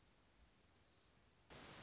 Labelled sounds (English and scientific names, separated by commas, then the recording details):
Orange-crowned Warbler (Leiothlypis celata)
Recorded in Sonoma County, California